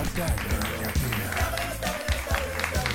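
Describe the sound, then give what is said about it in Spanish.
A burst of applause from a small crowd as a show's sound operator is introduced at the start of a broadcast, dense overlapping claps running steadily for a few seconds, with voices and scattered cheers mixed into the clapping. “Un aplauso, por favor, que se nos pone celoso y veo que se enoja.”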